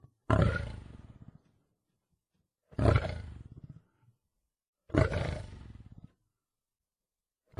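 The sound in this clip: Lion giving three loud, gravelly roars, each fading over about a second, with a fourth just beginning at the end.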